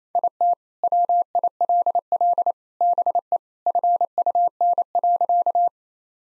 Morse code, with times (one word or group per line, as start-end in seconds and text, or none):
0.2-0.5 IT
0.8-2.5 WILL
2.8-3.4 BE
3.7-5.7 FUN.